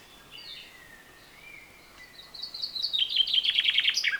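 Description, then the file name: Common chaffinch song begins late after thin whistled notes, a rapid repeated descending phrase building to a loud finish and cut off at the end. "Fringilla coelebs"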